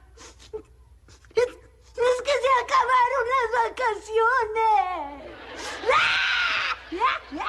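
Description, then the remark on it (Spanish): A girl cries loudly, with a few short sobbing gasps, then long wavering high-pitched wails, ending in breathy, strained sobs and sniffles. “¿Y por eso estás llorando, mija?”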